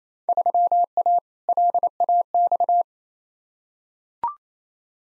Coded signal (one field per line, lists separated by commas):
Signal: Morse code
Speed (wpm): 28 wpm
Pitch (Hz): 700 Hz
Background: none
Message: 3A LAX